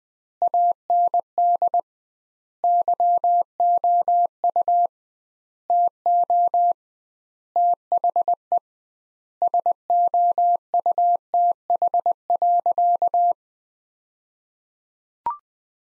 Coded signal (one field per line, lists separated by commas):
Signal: Morse code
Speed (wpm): 20 wpm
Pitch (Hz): 700 Hz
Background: none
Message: AND YOU TO THE SOUTH.